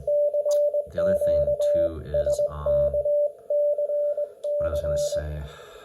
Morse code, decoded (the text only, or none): CQ SKCC